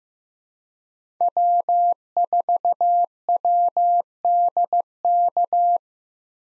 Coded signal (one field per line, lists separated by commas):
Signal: Morse code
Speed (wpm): 15 wpm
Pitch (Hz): 700 Hz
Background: none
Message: W4WDK